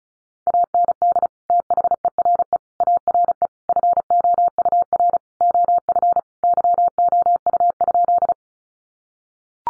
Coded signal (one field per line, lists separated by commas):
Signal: Morse code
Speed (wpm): 34 wpm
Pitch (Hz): 700 Hz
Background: none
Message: AND THERE ARE FOUR OF YOU?